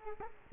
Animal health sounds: mosquito wingbeat signal from an infrared sensor; Culex quinquefasciatus

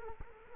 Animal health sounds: mosquito wingbeat signal from an infrared sensor; Culex quinquefasciatus

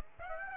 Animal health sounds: mosquito wingbeat signal from an infrared sensor; Aedes aegypti

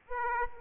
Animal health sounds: mosquito wingbeat signal from an infrared sensor; Aedes aegypti

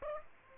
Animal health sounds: mosquito wingbeat signal from an infrared sensor; Aedes aegypti

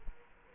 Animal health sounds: mosquito wingbeat signal from an infrared sensor; Culex quinquefasciatus

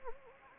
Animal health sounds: mosquito wingbeat signal from an infrared sensor; Anopheles gambiae

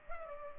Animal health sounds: mosquito wingbeat signal from an infrared sensor; Culex pipiens

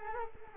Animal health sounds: mosquito wingbeat signal from an infrared sensor; Culex quinquefasciatus

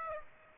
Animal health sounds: mosquito wingbeat signal from an infrared sensor; Aedes aegypti

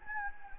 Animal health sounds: mosquito wingbeat signal from an infrared sensor; Anopheles gambiae

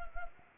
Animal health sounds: mosquito wingbeat signal from an infrared sensor; Anopheles gambiae

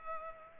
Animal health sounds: mosquito wingbeat signal from an infrared sensor; Culex pipiens

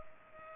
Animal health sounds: mosquito wingbeat signal from an infrared sensor; Culex pipiens

